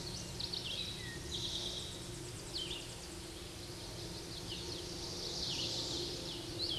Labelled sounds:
Red-eyed Vireo song
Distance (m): 40 m
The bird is about 15 m above the microphone
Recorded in a Pennsylvania forest on 16 May 2024 at 08:05
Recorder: AudioMoth, point MSD-1338
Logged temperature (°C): 12.6 °C
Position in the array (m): 108 m, 76 m

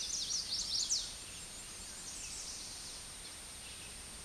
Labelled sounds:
American Redstart song
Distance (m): 35 m
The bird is about 5 m above the microphone
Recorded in a Pennsylvania forest on 16 May 2024 at 09:02
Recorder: AudioMoth, point MSD-2367
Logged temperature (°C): 16.0 °C
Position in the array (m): 103 m, 225 m

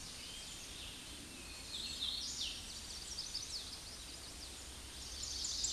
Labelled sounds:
Hooded Warbler song
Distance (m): 35 m
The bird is about 10 m above the microphone
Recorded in a Pennsylvania forest on 16 May 2024 at 08:26
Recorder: AudioMoth, point MSD-2391
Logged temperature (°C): 15.0 °C
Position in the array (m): 142 m, 58 m

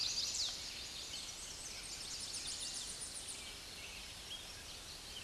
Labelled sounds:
Tennessee Warbler song
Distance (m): 40 m
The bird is about level with the microphone
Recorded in a Pennsylvania forest on 16 May 2024 at 06:43
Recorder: AudioMoth, point MSD-0383
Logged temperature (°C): 15.3 °C
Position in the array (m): 70 m, 175 m

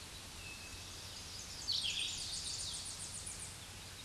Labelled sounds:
Tennessee Warbler song
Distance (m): 50 m
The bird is about 5 m above the microphone
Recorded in a Pennsylvania forest on 16 May 2024 at 07:06
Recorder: AudioMoth, point MSD-1893
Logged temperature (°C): 16.6 °C
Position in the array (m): 67 m, 63 m

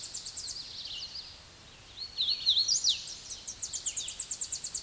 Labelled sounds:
Hooded Warbler song
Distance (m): 15 m
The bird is about 15 m above the microphone
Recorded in a Pennsylvania forest on 16 May 2024 at 08:13
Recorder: AudioMoth, point MSD-1892
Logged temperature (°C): 14.5 °C
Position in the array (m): 101 m, 93 m

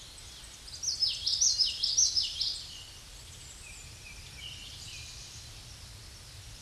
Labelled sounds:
Common Yellowthroat song
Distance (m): 10 m
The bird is about 10 m above the microphone
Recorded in a Pennsylvania forest on 16 May 2024 at 07:21
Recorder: AudioMoth, point MSD-1342
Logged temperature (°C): 15.5 °C
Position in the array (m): 233 m, 180 m

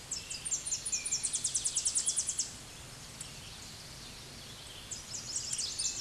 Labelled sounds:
Tennessee Warbler song
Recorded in a Pennsylvania forest on 16 May 2024 at 07:50
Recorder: AudioMoth, point MSD-2181
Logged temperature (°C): 12.8 °C
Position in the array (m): 162 m, 95 m

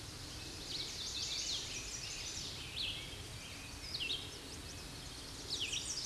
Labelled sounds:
Chestnut-sided Warbler song
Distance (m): 30 m
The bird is about 5 m above the microphone
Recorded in a Pennsylvania forest on 16 May 2024 at 07:12
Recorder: AudioMoth, point MSD-2258
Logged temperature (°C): 15.2 °C
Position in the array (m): 185 m, 69 m

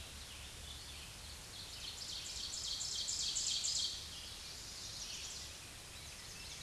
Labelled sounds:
Ovenbird song
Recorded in a Pennsylvania forest on 16 May 2024 at 07:34
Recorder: AudioMoth, point MSD-2376
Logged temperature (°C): 16.7 °C
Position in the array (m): 168 m, -24 m

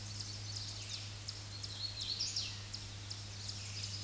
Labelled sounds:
Hooded Warbler song
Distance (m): 10 m
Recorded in a Pennsylvania forest on 16 May 2024 at 07:56
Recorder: AudioMoth, point MSD-0398
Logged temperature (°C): 16.4 °C
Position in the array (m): 145 m, 90 m

